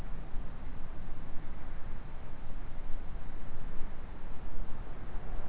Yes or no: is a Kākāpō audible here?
no